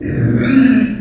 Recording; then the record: squeal of a Yucatan mini pig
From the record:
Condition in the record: after surgery on the right vocal fold (resection and tissue-engineered implant); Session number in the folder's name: 3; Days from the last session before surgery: 21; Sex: female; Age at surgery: 19 weeks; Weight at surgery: 25 kg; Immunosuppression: prednisolone